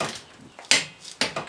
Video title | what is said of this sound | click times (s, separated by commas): Swapping your Summer and Winter tires (doing a seasonal tire change) | So, we push it till we hear that click. And that means you're at 100 footbs. | 0.7 s